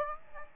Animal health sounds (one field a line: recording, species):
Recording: mosquito wingbeat signal from an infrared sensor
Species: Aedes aegypti